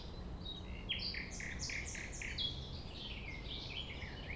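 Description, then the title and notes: Common nightingale song: a run of loud, sharply downslurred whistles stepping across the phrase, over steady low background rumble. Recorded at 6 a.m. at sunrise near the Thève at Champ de Ménage; the nightingale sings without waiting for silence. "6 A.M. Lever du soleil non loin de la Thève au Champ de Ménage. Le rossignol n'attend pas le silence."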